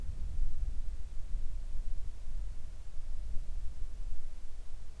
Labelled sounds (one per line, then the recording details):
wind
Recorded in the Arctic National Wildlife Refuge, Alaska, on 3 August 2019 at 10:42
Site 41